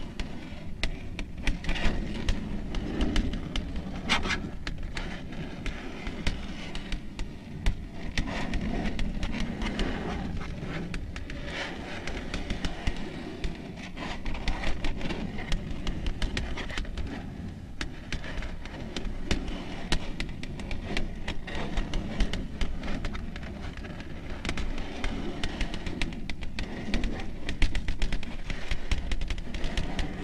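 Dense nail tapping and scratching with quick clicks over a steady low rustle, keeping an even pace for the full half minute.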